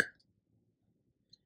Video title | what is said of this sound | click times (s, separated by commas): EMBROIDERY MACHINE UPGRADE! UNBOX 20 NEEDLE RICOMA MARQUEE 2001 10S PANEL - HOME-BASED BUSINESS | and you should should hear a little click | 0.0 s